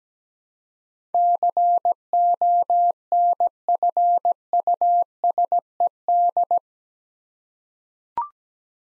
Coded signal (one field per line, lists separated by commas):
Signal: Morse code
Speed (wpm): 17 wpm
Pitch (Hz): 700 Hz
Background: none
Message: CONFUSED